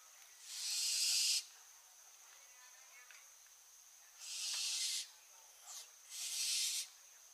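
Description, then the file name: Barn owl uttering three drawn-out hissing screeches plus a brief rasp, the gaps irregular, with a steady faint high tone throughout. "Schleiereule - Tyto alba"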